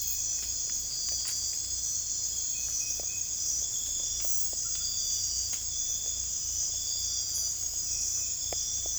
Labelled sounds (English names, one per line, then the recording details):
none
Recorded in secondary vegetation near Puerto Asís, Putumayo, Colombia, on 16 December 2024 at 23:00
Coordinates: 0.481, -76.318
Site G042